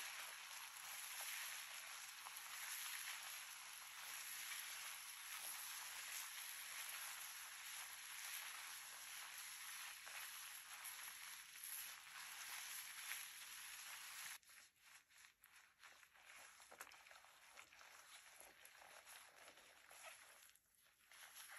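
Hair brushing and scalp scratching make a dense, steady rasping hiss for the first fourteen seconds. Then it abruptly thins into quieter, broken strokes, separate scratchy flicks and soft rubbing that continue unevenly to the end, with a brief dip near twenty seconds.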